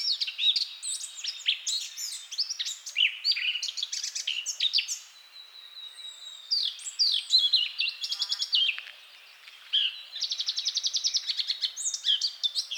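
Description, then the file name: Eurasian blackcap song: dense warbling with scratchy and whistled notes and brief pauses, ending in a fast, evenly repeated trill-like run. "Sylvia atricapilla"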